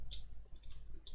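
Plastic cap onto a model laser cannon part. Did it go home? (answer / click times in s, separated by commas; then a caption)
no / none. A plastic cap is pressed onto a model laser cannon part, holding a wire in place, producing short, bright clicking and ticking sounds around 0.1 s and 1.1 s. The cap is handled but nothing has seated or clicked into place yet.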